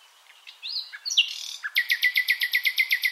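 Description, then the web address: Common nightingale song: a few varied swooping notes lead into a fast, even run of loud repeated notes. "SETE Luscinia megarhynchos"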